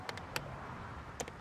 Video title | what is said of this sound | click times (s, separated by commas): How to ● Easily Tie Down Your Hatch Or Trunk ! | so all you do is push it up in there until you hear two clicks and | 0.4 s, 1.2 s